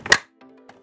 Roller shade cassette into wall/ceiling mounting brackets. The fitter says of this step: and I'm going to pivot it down and then until it snaps in.